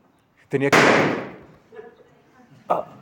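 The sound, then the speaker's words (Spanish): A loud, sharp balloon pop bursts out with a broad crackling decay, sandwiched between short bits of voice, followed by a faint second noise and a brief vocal sound at the end. “Tenía que confrontar, perdón, los globos, se están dando sustos.”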